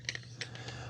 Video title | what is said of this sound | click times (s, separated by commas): 👉 I Didn't Expect This After 90 Days... Dreame Aqua 10 Ultra Robot Vaccum & Mop How To Clean | Rotate it and clicks. | 0.1 s